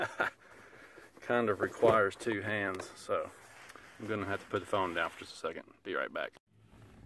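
A Mopar molded rubber floor liner for a Jeep JL Wrangler is being fitted, with its drain recess to be pressed by hand into the vehicle's floor drain opening, a job that needs both hands. Someone talks through most of the clip, with brief handling sounds between phrases. Nothing has seated or clicked yet.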